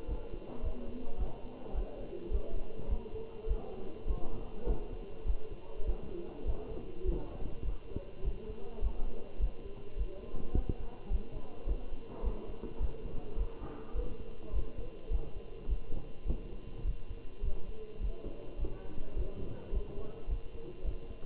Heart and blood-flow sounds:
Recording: heart sounds by stethoscope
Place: between the tricuspid and mitral areas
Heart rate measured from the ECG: 104 bpm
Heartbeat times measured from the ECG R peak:
0.10 s: heartbeat
0.64 s: heartbeat
1.20 s: heartbeat
1.76 s: heartbeat
2.33 s: heartbeat
2.90 s: heartbeat
3.49 s: heartbeat
4.08 s: heartbeat
4.68 s: heartbeat
5.27 s: heartbeat
5.87 s: heartbeat
6.47 s: heartbeat
7.06 s: heartbeat
7.66 s: heartbeat
8.25 s: heartbeat
8.83 s: heartbeat
9.41 s: heartbeat
9.99 s: heartbeat
10.56 s: heartbeat
11.12 s: heartbeat
11.68 s: heartbeat
12.25 s: heartbeat
12.81 s: heartbeat
13.39 s: heartbeat
13.96 s: heartbeat
14.54 s: heartbeat
15.12 s: heartbeat
15.70 s: heartbeat
16.28 s: heartbeat
16.86 s: heartbeat
17.44 s: heartbeat
18.02 s: heartbeat
18.60 s: heartbeat
19.17 s: heartbeat
19.74 s: heartbeat
20.30 s: heartbeat
20.86 s: heartbeat
From the record:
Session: Bruce protocol treadmill stress test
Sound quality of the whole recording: good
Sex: male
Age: 27 years

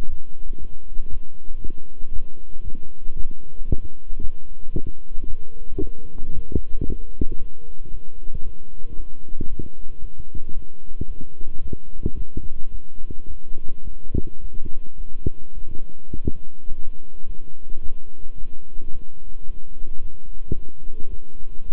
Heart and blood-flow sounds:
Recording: heart sounds by stethoscope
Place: between the tricuspid and mitral areas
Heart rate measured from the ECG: 111 bpm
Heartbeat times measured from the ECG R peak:
0.07 s: heartbeat
0.58 s: heartbeat
1.09 s: heartbeat
1.60 s: heartbeat
2.11 s: heartbeat
2.63 s: heartbeat
3.15 s: heartbeat
3.67 s: heartbeat
4.19 s: heartbeat
4.72 s: heartbeat
5.26 s: heartbeat
5.79 s: heartbeat
6.32 s: heartbeat
6.84 s: heartbeat
7.37 s: heartbeat
7.90 s: heartbeat
8.42 s: heartbeat
8.95 s: heartbeat
9.48 s: heartbeat
10.00 s: heartbeat
10.53 s: heartbeat
11.06 s: heartbeat
11.60 s: heartbeat
12.15 s: heartbeat
12.70 s: heartbeat
13.26 s: heartbeat
13.83 s: heartbeat
14.40 s: heartbeat
14.96 s: heartbeat
15.53 s: heartbeat
16.11 s: heartbeat
16.68 s: heartbeat
17.24 s: heartbeat
17.81 s: heartbeat
18.36 s: heartbeat
18.91 s: heartbeat
19.46 s: heartbeat
20.00 s: heartbeat
20.54 s: heartbeat
21.08 s: heartbeat
21.64 s: heartbeat
From the record:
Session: walking at 3.7 km/h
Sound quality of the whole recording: good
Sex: male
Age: 26 years

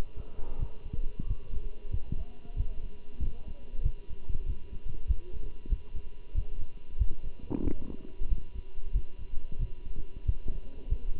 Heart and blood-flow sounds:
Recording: heart sounds by stethoscope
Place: between the tricuspid and mitral areas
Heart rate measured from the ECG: 93 bpm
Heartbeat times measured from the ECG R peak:
0.59 s: heartbeat
1.27 s: heartbeat
1.92 s: heartbeat
2.57 s: heartbeat
3.22 s: heartbeat
3.84 s: heartbeat
4.47 s: heartbeat
5.08 s: heartbeat
5.70 s: heartbeat
6.35 s: heartbeat
6.99 s: heartbeat
7.64 s: heartbeat
8.30 s: heartbeat
8.93 s: heartbeat
9.60 s: heartbeat
10.26 s: heartbeat
10.90 s: heartbeat
From the record:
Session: walking at 3.7 km/h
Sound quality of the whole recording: good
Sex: male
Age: 23 years

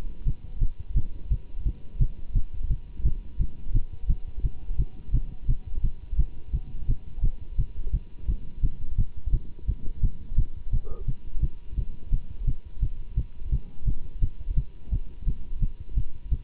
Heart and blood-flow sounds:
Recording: heart sounds by stethoscope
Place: between the tricuspid and mitral areas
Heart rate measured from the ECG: 172 bpm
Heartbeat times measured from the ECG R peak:
0.25 s: heartbeat
0.60 s: heartbeat
0.95 s: heartbeat
1.30 s: heartbeat
1.64 s: heartbeat
1.99 s: heartbeat
2.34 s: heartbeat
2.69 s: heartbeat
3.04 s: heartbeat
3.38 s: heartbeat
3.73 s: heartbeat
4.08 s: heartbeat
4.43 s: heartbeat
4.78 s: heartbeat
5.12 s: heartbeat
5.47 s: heartbeat
5.82 s: heartbeat
6.17 s: heartbeat
6.52 s: heartbeat
6.87 s: heartbeat
7.22 s: heartbeat
7.57 s: heartbeat
7.92 s: heartbeat
8.27 s: heartbeat
8.62 s: heartbeat
8.97 s: heartbeat
9.32 s: heartbeat
9.67 s: heartbeat
10.02 s: heartbeat
10.37 s: heartbeat
10.72 s: heartbeat
11.07 s: heartbeat
11.41 s: heartbeat
11.76 s: heartbeat
12.11 s: heartbeat
12.46 s: heartbeat
12.81 s: heartbeat
13.16 s: heartbeat
13.51 s: heartbeat
13.86 s: heartbeat
14.21 s: heartbeat
14.56 s: heartbeat
14.91 s: heartbeat
15.26 s: heartbeat
15.61 s: heartbeat
15.95 s: heartbeat
16.30 s: heartbeat
From the record:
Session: Bruce protocol treadmill stress test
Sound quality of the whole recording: good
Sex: male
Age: 24 years

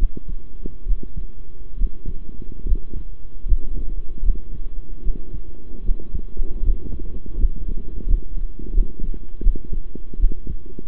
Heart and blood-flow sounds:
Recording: heart sounds by stethoscope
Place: between the tricuspid and mitral areas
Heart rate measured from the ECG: 77 bpm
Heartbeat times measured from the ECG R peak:
0.86 s: heartbeat
1.77 s: heartbeat
2.65 s: heartbeat
3.45 s: heartbeat
4.22 s: heartbeat
5.02 s: heartbeat
5.83 s: heartbeat
6.62 s: heartbeat
7.37 s: heartbeat
8.06 s: heartbeat
8.73 s: heartbeat
9.42 s: heartbeat
10.19 s: heartbeat
From the record:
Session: rest, sitting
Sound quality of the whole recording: good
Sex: male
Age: 23 years

